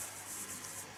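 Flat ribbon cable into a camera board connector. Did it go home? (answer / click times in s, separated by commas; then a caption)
no / none. A flat ribbon cable is pushed from the back side into its board connector inside a Sony A6000 camera during an IR filter removal for IR conversion. A low, steady rubbing and handling noise with a broad high hiss runs through the clip, with no sharp transient. The cable is being handled and is not yet home; nothing has seated or clicked yet.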